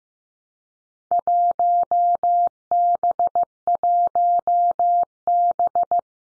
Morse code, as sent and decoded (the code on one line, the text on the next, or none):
.---- -... .---- -...
1B1B